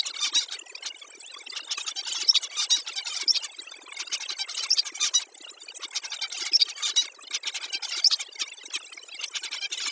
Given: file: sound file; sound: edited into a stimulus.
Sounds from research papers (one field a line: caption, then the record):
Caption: The recovered song signal after the corrupted signal was processed by our biological inspired noise-reduction algorithm.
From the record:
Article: Noise-invariant Neurons in the Avian Auditory Cortex: Hearing the Song in Noise